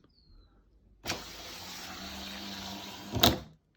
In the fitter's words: and you heard that click so it's latched in the bottom now